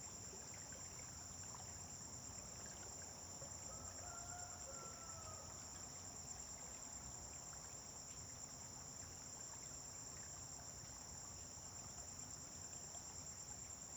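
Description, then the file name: Crickets trill continuously at high pitch; partway through, a faint drawn-out rooster crow sounds, with low rumbling noise throughout. Crickets on a farm at dawn, with vehicles passing on a distant road. "Amanhecer na fazenda com grilos veiculos passando em estrada longe"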